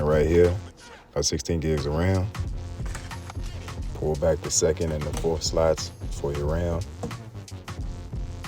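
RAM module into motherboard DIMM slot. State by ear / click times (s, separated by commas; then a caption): not seated / none. A 16 GB DDR4 memory stick is handled near the second and fourth DIMM slots of a motherboard, whose slot clips are pulled back, while someone talks over background music. There are short handling knocks around 2.9–3.3 s and 7.1–8.4 s, but nothing has seated or clicked into the slot yet.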